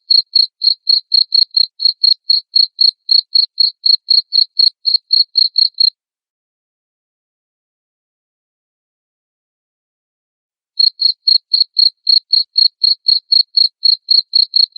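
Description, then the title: Cricket chirps in a rapid even train, then nearly five seconds of silence before the high pulses return at the same rate. Loud cricket chirping played to make lovebirds sing continuously. "Suara JANGKRIK NGERIK Keras Bikin LOVEBIRD Jadi NGEKEK Terus"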